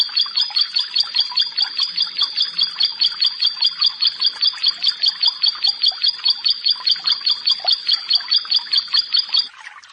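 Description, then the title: Prinia singing a steady series of bright, high double notes before falling quiet near the end. "Ciblek Sawah"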